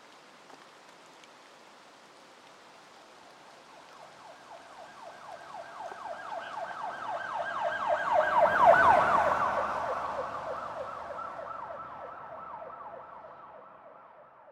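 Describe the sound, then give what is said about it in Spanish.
An ambulance siren wails in rapid, warbling pulses, swelling steadily to a loud peak midway and then gradually fading, with a soft rain-like hiss underneath and no voices. “Un paro cardíaco lo atacó tan fuerte que no pudo resistir en aquella ambulancia que se lo llevó.”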